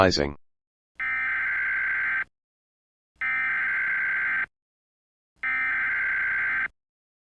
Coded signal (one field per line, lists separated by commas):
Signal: Emergency Alert System (SAME) tones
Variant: header bursts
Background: speech